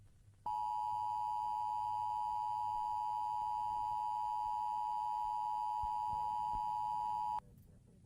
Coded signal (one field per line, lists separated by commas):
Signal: Emergency Alert System (SAME) tones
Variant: 853 and 960 Hz attention tone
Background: speech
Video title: TORNADO WARNING (EAS ALERT 102)